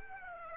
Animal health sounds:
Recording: mosquito wingbeat signal from an infrared sensor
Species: Aedes aegypti

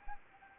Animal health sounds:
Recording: mosquito wingbeat signal from an infrared sensor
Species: Anopheles arabiensis

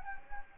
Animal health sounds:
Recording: mosquito wingbeat signal from an infrared sensor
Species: Anopheles gambiae

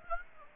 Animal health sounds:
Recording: mosquito wingbeat signal from an infrared sensor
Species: Aedes aegypti

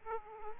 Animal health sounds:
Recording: mosquito wingbeat signal from an infrared sensor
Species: Aedes aegypti

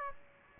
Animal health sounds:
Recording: mosquito wingbeat signal from an infrared sensor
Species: Aedes aegypti

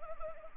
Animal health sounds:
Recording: mosquito wingbeat signal from an infrared sensor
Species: Anopheles arabiensis

